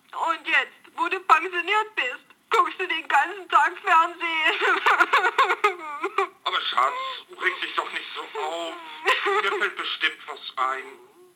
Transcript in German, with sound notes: Und jetzt, wo du pensioniert bist, guckst du den ganzen Tag Fernsehen!
(tröstend) Aber Schatz, reg' dich doch nicht so auf! Mir fällt bestimmt was ein.